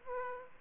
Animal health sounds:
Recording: mosquito wingbeat signal from an infrared sensor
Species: Aedes aegypti

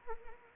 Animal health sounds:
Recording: mosquito wingbeat signal from an infrared sensor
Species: Anopheles arabiensis

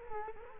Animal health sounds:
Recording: mosquito wingbeat signal from an infrared sensor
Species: Culex quinquefasciatus

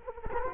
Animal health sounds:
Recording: mosquito wingbeat signal from an infrared sensor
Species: Culex quinquefasciatus

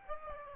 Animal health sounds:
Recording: mosquito wingbeat signal from an infrared sensor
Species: Aedes albopictus

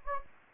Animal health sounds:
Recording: mosquito wingbeat signal from an infrared sensor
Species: Anopheles gambiae

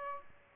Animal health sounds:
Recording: mosquito wingbeat signal from an infrared sensor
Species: Aedes albopictus

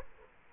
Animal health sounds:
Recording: mosquito wingbeat signal from an infrared sensor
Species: Culex quinquefasciatus

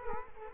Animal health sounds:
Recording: mosquito wingbeat signal from an infrared sensor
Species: Culex quinquefasciatus

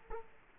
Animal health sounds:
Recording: mosquito wingbeat signal from an infrared sensor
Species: Culex quinquefasciatus

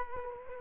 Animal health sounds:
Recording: mosquito wingbeat signal from an infrared sensor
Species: Culex quinquefasciatus

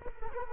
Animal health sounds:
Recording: mosquito wingbeat signal from an infrared sensor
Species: Culex quinquefasciatus

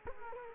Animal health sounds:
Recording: mosquito wingbeat signal from an infrared sensor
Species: Culex quinquefasciatus

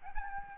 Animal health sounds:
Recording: mosquito wingbeat signal from an infrared sensor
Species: Aedes albopictus

